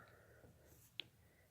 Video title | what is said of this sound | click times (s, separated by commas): Tip Tuesday - save money when dropshotting | just kind of kind of locks in place and that way you can adjust it without having to cut off and retie or whatever you | 1.0 s